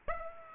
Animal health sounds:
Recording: mosquito wingbeat signal from an infrared sensor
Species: Aedes aegypti

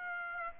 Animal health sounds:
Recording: mosquito wingbeat signal from an infrared sensor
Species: Aedes aegypti

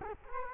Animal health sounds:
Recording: mosquito wingbeat signal from an infrared sensor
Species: Culex quinquefasciatus

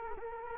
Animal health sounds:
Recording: mosquito wingbeat signal from an infrared sensor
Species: Culex quinquefasciatus

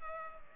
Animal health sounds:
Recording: mosquito wingbeat signal from an infrared sensor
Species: Culex pipiens

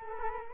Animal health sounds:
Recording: mosquito wingbeat signal from an infrared sensor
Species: Culex quinquefasciatus

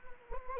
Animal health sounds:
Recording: mosquito wingbeat signal from an infrared sensor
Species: Anopheles gambiae

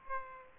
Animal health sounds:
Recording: mosquito wingbeat signal from an infrared sensor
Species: Aedes aegypti

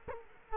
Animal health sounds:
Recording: mosquito wingbeat signal from an infrared sensor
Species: Culex quinquefasciatus

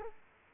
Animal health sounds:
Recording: mosquito wingbeat signal from an infrared sensor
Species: Culex quinquefasciatus

